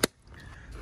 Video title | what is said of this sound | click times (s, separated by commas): BMW E90 E92 E93 3 Series Air Filter Change | So make sure that goes into its groove and it just sits in, click | 0.0 s